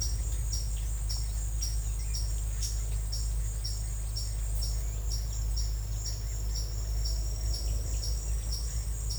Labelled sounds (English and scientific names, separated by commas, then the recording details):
Yellow-browed Tody-Flycatcher (Todirostrum chrysocrotaphum)
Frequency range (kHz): Yellow-browed Tody-Flycatcher (Todirostrum chrysocrotaphum) 3.6-6.4 kHz
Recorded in secondary vegetation near Puerto Asís, Putumayo, Colombia, on 16 December 2024 at 12:30
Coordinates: 0.499, -76.323
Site G010